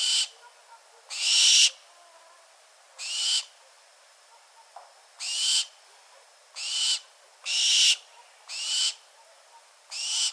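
Bird calling with rasping, hiss-like screeches, around eight short bursts at irregular spacing.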